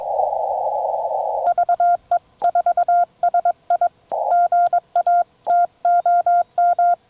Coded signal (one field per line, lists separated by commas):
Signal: Morse code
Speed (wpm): 22 wpm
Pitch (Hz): 1400 Hz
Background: none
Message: VE4SI GA TOM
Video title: Spooltenna EFHW First Test—Wind, DX, 100 QSOs (POTA)